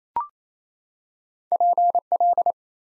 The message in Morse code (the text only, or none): PL